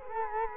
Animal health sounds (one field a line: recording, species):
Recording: mosquito wingbeat signal from an infrared sensor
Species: Culex quinquefasciatus